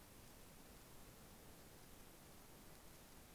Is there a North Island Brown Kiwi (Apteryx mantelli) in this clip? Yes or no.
no